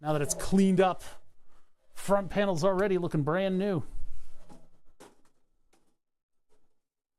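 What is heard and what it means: Someone talks while the cleaned front panel of an old piece of test equipment is handled and lined up to go back into its chassis housing. After the talking, only a few faint handling sounds are heard, with a small one near 6.6 s. Nothing has seated or clicked into place yet.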